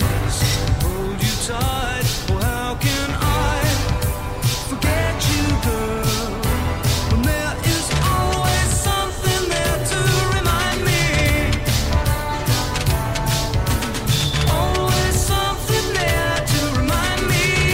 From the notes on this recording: the sounds of distant waves against the coast you're driving along, with the crackle of the radio and the rather comforting sounds of the vehicle around you